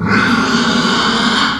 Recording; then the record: squeal of a Yucatan mini pig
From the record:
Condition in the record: after surgery on the right vocal fold (resection and tissue-engineered implant); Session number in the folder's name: 16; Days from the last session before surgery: 183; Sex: female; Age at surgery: 19 weeks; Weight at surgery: 25 kg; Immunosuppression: prednisolone